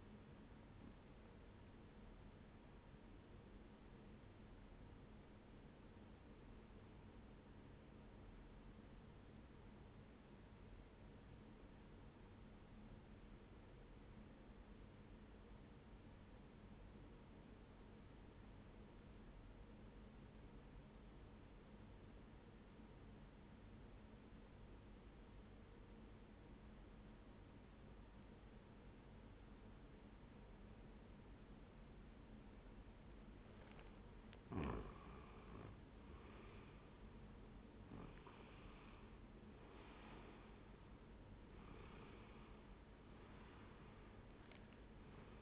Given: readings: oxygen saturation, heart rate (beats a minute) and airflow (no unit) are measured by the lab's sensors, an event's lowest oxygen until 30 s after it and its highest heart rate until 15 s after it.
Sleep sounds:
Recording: breathing in sleep by a voice recorder at the bedside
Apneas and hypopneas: 1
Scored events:
7.00-33.40 s: obstructive apnea (N1, oxygen 96% highest, then 90% lowest, heart rate 68 at the start, 76 highest)
From the record:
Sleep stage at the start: N1 (lightest sleep)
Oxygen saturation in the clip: 90 to 96%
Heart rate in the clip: 62 to 75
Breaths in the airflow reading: 3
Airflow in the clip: -11.2 to 12.0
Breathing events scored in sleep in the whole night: 131 in 7.2 hours asleep

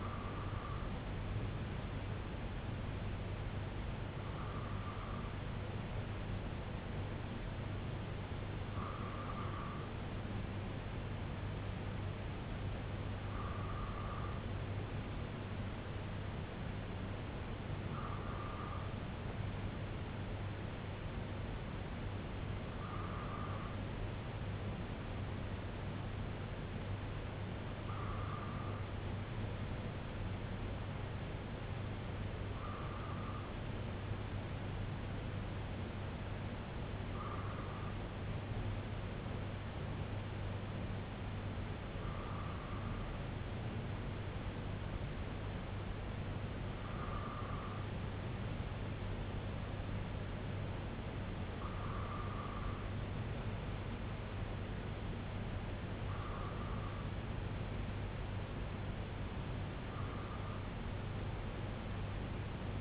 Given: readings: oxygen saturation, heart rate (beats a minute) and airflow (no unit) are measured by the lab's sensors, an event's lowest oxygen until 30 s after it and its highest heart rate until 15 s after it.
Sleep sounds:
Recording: breathing in sleep by a voice recorder at the bedside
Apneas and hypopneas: none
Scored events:
none scored
From the record:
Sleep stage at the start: N2 (light sleep)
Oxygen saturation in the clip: 94 to 95%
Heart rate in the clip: 61 to 71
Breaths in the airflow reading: 14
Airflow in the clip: -4.5 to 2.5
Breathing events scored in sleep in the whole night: 258 in 7.4 hours asleep

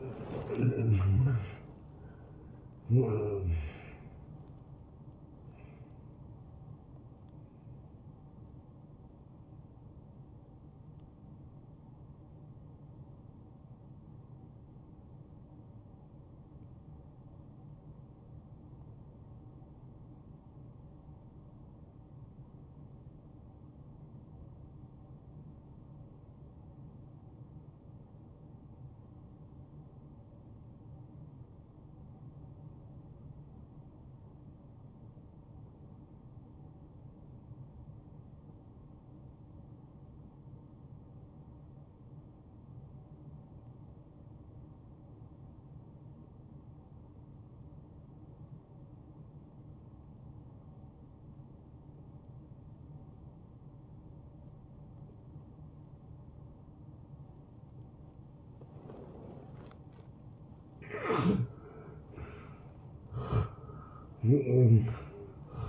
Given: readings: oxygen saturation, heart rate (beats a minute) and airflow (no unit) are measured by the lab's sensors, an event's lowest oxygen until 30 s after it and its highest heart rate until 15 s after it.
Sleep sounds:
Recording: breathing in sleep by a smartphone at the bedside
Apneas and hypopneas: 1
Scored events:
13.00-60.10 s: obstructive apnea (N1, oxygen 96% highest, then 84% lowest, heart rate 63 at the start, 81 highest)
From the record:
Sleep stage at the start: N1 (lightest sleep)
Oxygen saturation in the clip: 83 to 96%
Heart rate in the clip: 56 to 79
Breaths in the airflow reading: 5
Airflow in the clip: -17.9 to 11.7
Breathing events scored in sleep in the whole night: 263 in 5.5 hours asleep

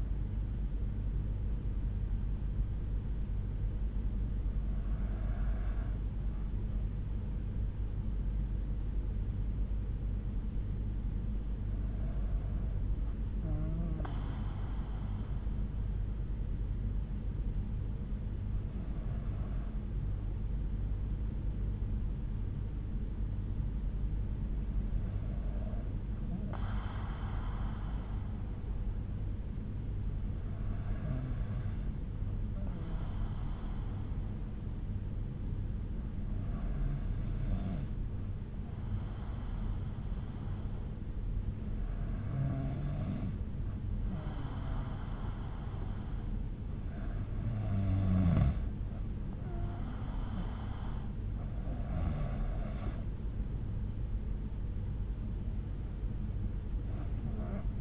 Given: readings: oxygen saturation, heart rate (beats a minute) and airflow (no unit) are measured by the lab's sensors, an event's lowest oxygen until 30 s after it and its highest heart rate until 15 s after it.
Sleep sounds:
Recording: breathing in sleep by a smartphone at the bedside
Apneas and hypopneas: 1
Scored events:
6.00-46.40 s: hypopnea (N2, oxygen 95% highest, then 92% lowest)
From the record:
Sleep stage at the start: N2 (light sleep)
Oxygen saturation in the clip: 91 to 95%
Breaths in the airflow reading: 10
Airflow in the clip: -7.7 to 8.1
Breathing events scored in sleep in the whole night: 368 in 8.0 hours asleep

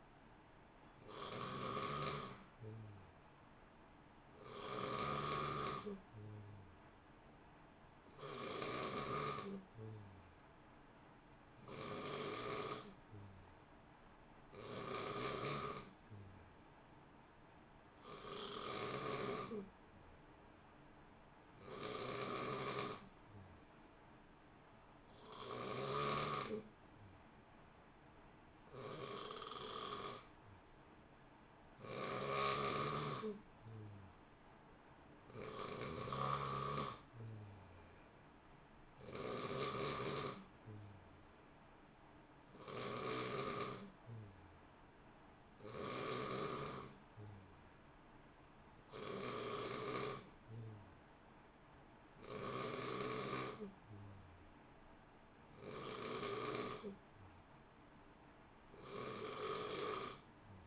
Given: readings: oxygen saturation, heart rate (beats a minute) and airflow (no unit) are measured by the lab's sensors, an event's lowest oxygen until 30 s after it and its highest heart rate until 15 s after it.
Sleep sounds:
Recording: breathing in sleep by a voice recorder at the bedside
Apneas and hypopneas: none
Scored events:
46.00-60.67 s: new sleep stage, N2 (light sleep)
From the record:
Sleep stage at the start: N3 (deep sleep)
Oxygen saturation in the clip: 89 to 91%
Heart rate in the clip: 58 to 62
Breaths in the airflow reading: 21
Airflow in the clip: -0.7 to 0.9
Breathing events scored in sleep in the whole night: 328 in 6.3 hours asleep

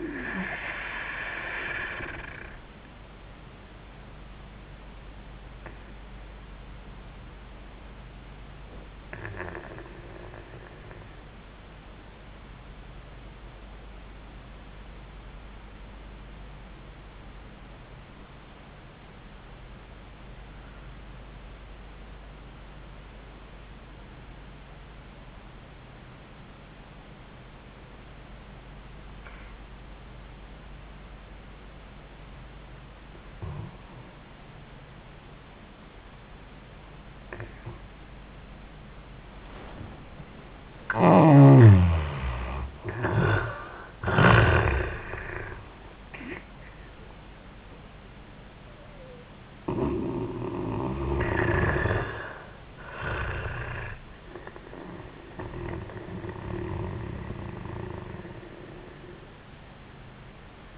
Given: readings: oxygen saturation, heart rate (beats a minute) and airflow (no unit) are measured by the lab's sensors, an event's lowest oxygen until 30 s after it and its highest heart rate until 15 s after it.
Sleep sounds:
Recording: breathing in sleep by a voice recorder at the bedside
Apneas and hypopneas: 1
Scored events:
4.00-40.50 s: obstructive apnea (N1, oxygen 95% highest, then 72% lowest, heart rate 74 at the start, 90 highest)
19.00-49.00 s: new sleep stage, N2 (light sleep)
49.00-60.77 s: new sleep stage, N1 (lightest sleep)
From the record:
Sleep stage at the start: N1 (lightest sleep)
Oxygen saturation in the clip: 73 to 95%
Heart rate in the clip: 70 to 92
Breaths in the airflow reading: 4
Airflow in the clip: -21.9 to 26.6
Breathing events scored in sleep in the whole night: 400 in 8.7 hours asleep

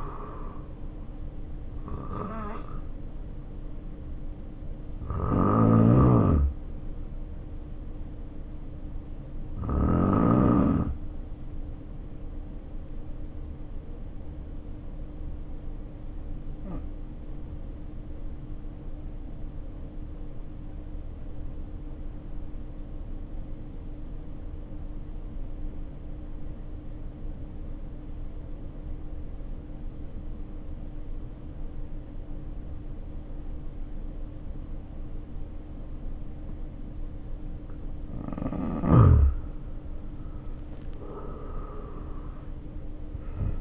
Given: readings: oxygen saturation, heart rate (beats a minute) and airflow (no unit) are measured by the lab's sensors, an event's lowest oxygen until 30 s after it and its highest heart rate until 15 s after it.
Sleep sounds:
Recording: breathing in sleep by a smartphone at the bedside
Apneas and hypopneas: 1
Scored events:
13.00-37.50 s: obstructive apnea (N2, oxygen 95% highest, then 75% lowest, heart rate 57 at the start, 78 highest)
From the record:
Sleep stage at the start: N2 (light sleep)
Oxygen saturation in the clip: 76 to 95%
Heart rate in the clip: 51 to 74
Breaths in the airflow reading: 3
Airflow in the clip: -4.6 to 7.3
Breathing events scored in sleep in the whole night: 520 in 7.2 hours asleep

